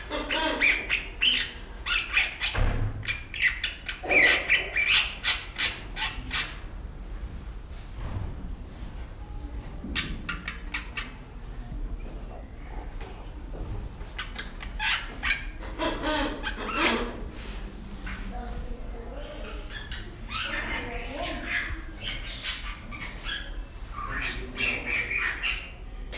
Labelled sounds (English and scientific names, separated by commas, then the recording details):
Bali Myna (Leucopsar rothschildi)
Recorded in captivity
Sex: male
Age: adult
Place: Zoo Berlin, Berlin, DE
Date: 1994-06-11 12:26
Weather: heiter, 12-16°C
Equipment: Marantz CP 430, Sennheiser ME 80, Kopie Uher Variocord 263
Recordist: Tembrock, Günter